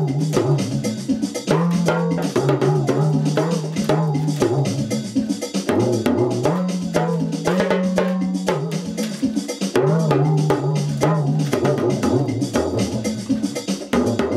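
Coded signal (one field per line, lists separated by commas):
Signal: talking drum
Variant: English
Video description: My Remo Talking drum recites 2 old nursery rhymes; Baa, baa, black sheep, have you any wool?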